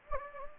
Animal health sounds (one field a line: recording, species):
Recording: mosquito wingbeat signal from an infrared sensor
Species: Anopheles gambiae